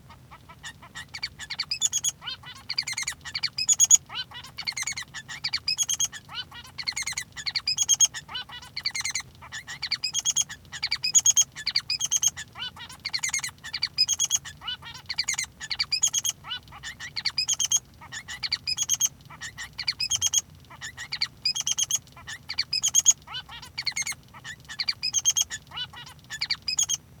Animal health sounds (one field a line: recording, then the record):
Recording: song of a male Bengalese finch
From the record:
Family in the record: son of father 3